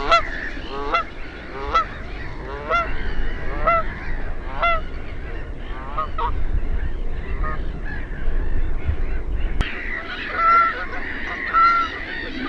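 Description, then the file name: Canada goose flock giving repeated, overlapping nasal honks, with low rumbling noise throughout. "KANADANHANHI"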